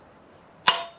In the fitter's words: So that will lock into place,